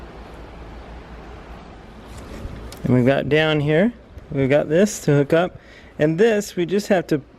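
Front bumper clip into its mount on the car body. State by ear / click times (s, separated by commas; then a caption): not seated / none. A front bumper clip on a 2015+ Jaguar XE is handled by hand at its mount on the car body, ready to be pressed into place. Someone talks over low background noise, with a brief louder sound at about 2.7 s. Nothing has seated or clicked yet.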